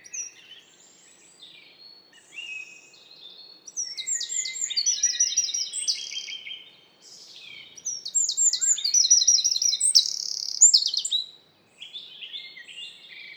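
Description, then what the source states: Eurasian Wren song: two loud, fast bursts of high trills and sharp notes, each lasting about three seconds, separated by a short pause, with faint background chirps. Sung in the evening in forest, 25–26 May 2019, Lesches and Saint-Dizier-en-Diois, Diois, France, in spring; Nagra Seven recorder with two MKH40 and 8020 microphones.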